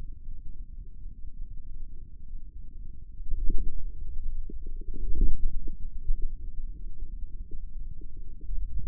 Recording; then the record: forearm muscle sounds (acoustic myography)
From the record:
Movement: inward rotation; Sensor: system 2, bracelet of six BSWA MPA416 microphones around the upper forearm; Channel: 3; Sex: male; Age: 22 years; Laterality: right